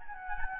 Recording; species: mosquito wingbeat signal from an infrared sensor; Anopheles gambiae